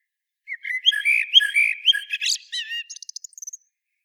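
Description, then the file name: Common blackbird sings a flowing, fluty warble of several linked notes, then ends with a quick series of thin, high, clipped chips. "Turdus merula"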